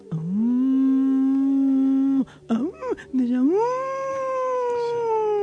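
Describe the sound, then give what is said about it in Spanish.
A human voice imitates a werewolf howl: a long, steady, loud wail, a few short yelping glides, then another rising howl that slowly trails off. “Primer hombre lobo en la televisión del mundo, en la radiofonía, en los medios de comunicación, y el público quiere saber.”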